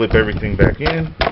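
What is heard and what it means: Someone talks while the plastic engine cover of a 2007 VW Jetta 2.5L I5, which doubles as the upper air intake, is handled during reinstallation to be pressed back down onto its engine mounting studs. The clip ends before the cover goes home, so nothing has seated or clicked yet.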